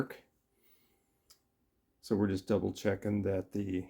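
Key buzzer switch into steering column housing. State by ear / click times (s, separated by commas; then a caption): not seated / none. A key-in-ignition buzzer switch for a 1980 Corvette tilt/telescopic steering column is held and its spring checked before it is slid into its slot in the steering column housing and pushed down. The clip opens with faint, brief handling sounds and a short quiet stretch, then someone talks from about 2.0 s. The switch has not been seated and nothing has clicked yet.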